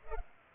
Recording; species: mosquito wingbeat signal from an infrared sensor; Culex pipiens